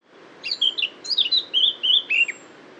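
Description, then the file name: Eurasian blackcap song: a rapid, warbled phrase of short chirpy notes switching pitch, about two seconds long, over a soft background hiss. "Sylvia atricapilla"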